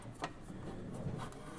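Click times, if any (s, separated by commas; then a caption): none. A cover plate is handled into the latches of the housing on an Innovendi Elite machine while its PAB unit is replaced. Quiet rubbing and handling noise runs throughout, with a sharp tap at 0.2 s, a softer knock at 1.3 s and a louder hit right at the end. Nothing has seated or clicked yet.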